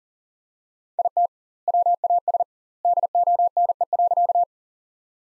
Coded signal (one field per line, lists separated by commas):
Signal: Morse code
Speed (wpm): 40 wpm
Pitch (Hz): 700 Hz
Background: none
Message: IT WAS DONE.